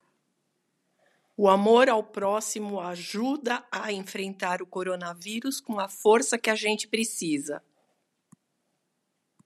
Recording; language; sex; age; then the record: spoken sentence; Brazilian Portuguese; female; 60 to 69 years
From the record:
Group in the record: control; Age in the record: 68 years